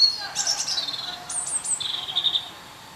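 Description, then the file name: European robin song: one dense, high phrase of fluttering notes, a few very high thin whistles, and a closing sweet trill. "Erithacus rubecula"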